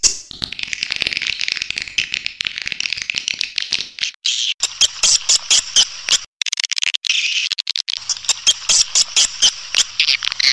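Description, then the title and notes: Swiftlet twittering: sustained high buzzy chatter, then rapid clicking pulses alternating with twitter bursts, a faint low hum in the background. Swiftlet sound used in bird farming in Asia. "Swiflet Bird Sound. Farming Swiflet Bird asia sound"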